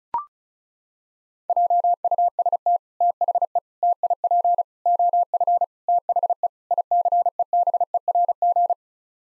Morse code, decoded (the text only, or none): JUST THE TIP OF THE ICEBERG